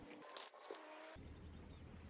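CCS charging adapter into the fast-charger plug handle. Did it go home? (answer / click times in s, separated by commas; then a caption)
yes / 0.4 s. An EVbase CCS charging adapter for a Tesla is pushed onto the plug handle of a 350 kW fast charger, giving a single sharp plastic click at 0.4 s over steady background noise. The adapter snaps into place and is seated.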